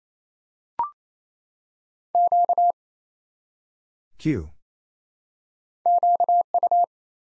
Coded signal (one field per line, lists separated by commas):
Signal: Morse code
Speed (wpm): 28 wpm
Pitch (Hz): 700 Hz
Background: none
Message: Q QU